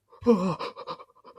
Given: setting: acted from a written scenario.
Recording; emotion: vocal sound without words; fear